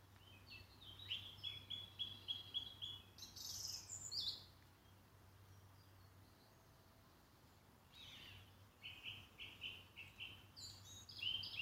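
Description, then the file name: Bird giving soft, rapid runs of high chirping notes with pauses between phrases, set against a low hum. "oiseau"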